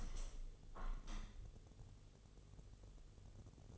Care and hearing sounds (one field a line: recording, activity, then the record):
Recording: daily activity, microphone in the room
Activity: open window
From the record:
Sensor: 4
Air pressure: 1015.7 hPa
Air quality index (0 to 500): 105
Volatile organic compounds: 2 ppm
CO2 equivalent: 1170 ppm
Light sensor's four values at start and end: 9/20/8/7 and 9/20/8/7